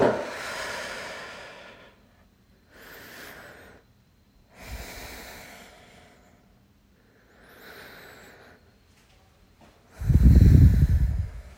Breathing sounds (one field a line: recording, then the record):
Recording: deep breathing after running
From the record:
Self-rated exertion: light exertion (2 of 6)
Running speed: 7 miles an hour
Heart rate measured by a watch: 126 beats a minute at the start, 123 at the end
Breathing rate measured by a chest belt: 13 breaths a minute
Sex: male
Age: 23 years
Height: 172 cm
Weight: 64 kg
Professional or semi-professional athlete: yes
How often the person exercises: 3 to 5 times a week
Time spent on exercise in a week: 2 to 3 hours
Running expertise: no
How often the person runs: 1 to 2 times a week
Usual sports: running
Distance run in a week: 15 km